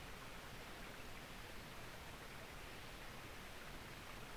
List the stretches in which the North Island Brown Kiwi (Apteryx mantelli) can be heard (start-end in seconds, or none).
none